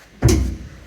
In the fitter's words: Locks into place, it clears everything.